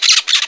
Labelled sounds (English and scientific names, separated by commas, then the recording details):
Brown-throated Parakeet (Eupsittula pertinax) contact call
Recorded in Margarita
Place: San Francisco, near stadium
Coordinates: 11.018, -64.294